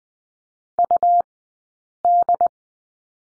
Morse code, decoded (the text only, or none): UD